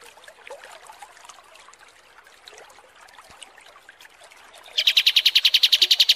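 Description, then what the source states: Kapas tembak bird song: soft background chatter, then a loud, even, high trill of rapid notes over the last second and a half. Masteran (tutor song) for training cage birds, described as mewah (luxurious).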